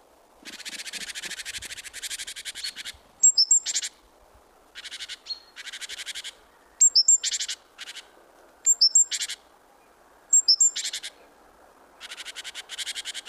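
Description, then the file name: Great tit scolding: long runs of rapid buzzy churring pulses alternate with louder bursts led by high thin whistled notes, nearly continuous throughout. "Parus major"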